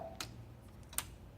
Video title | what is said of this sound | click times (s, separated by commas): How to Remove the developer unit on a Toshiba e studio 5520c-6520c | And you just push down until you hear it click. | 0.2 s, 1.0 s